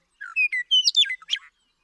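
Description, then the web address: Western meadowlark song: a rich, fast phrase of whistled and gurgling notes lasting just over a second. "birdsongforthecurious Western Meadowlark"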